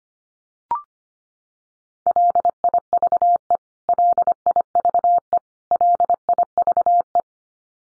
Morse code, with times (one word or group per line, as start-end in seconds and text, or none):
2.1-3.6 LIVE
3.9-5.4 LIVE
5.7-7.2 LIVE